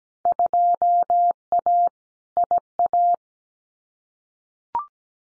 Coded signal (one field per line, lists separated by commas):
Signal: Morse code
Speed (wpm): 17 wpm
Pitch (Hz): 700 Hz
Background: none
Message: 2A IA